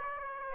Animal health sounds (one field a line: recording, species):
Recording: mosquito wingbeat signal from an infrared sensor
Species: Aedes aegypti